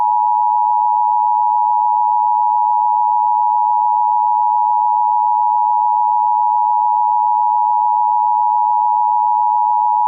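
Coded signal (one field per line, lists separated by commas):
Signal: Emergency Alert System (SAME) tones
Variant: 853 and 960 Hz attention tone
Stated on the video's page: Mock dust storm warning based on a real weather alert.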